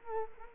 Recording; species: mosquito wingbeat signal from an infrared sensor; Culex quinquefasciatus